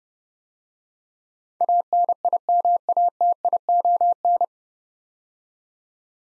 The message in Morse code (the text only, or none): ANIMATION